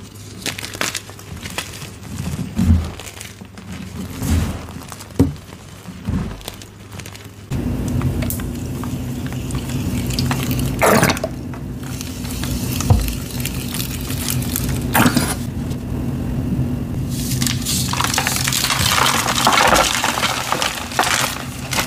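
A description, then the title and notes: Gym chalk soaked in baby oil is crushed and squeezed, giving dense crackling and crinkling with sharp bursts around 3, 4.5, 11 and 15 seconds. A low steady hum joins at about 7.5 seconds and runs under the grainy crushing to the end. Baby Oil Gym Chalk Crushing Compilation.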